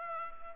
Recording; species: mosquito wingbeat signal from an infrared sensor; Culex pipiens